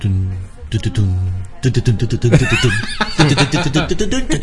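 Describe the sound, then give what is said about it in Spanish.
A person imitates a horse's whinny with their voice, a wavering, quivering high cry repeated in bursts and mixed with snickering laughter. “Es como hacer el caballo, güey.”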